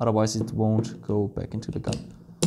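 During pistol maintenance, a compressed spring part is guided in from the side, flat side down, toward the groove of a pistol frame while someone talks throughout. A brief sharp tap sounds near 2.4 s at the very end, but the part has not snapped into its channel yet and nothing has seated.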